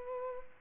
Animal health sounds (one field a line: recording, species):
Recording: mosquito wingbeat signal from an infrared sensor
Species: Culex pipiens